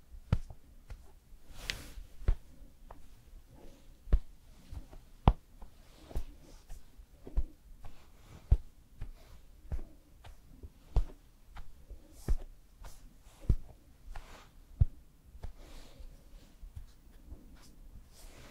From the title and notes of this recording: ASMR Doing Your Makeup and Hair Styling for Party(No Talking).